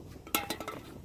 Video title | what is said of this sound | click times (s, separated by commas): Baja Designs Squadron Sport R fog light install 2008 Toyota Tacoma 2nd gen | towards the inside so because the threads of the bolts going to go that way you can hear the snap | 0.4 s